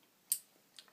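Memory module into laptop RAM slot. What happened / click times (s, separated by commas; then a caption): The memory module snapped into its slot / 0.3 s, 0.8 s. A laptop SO-DIMM memory module is pressed down into the RAM slot of a MacBook Pro until the side retaining clips snap over it. A sharp, loud click comes at 0.3 s, followed by a smaller second click at 0.8 s, and the module is seated.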